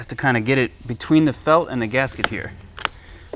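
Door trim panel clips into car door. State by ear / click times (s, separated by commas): seated / 2.8 s, 2.9 s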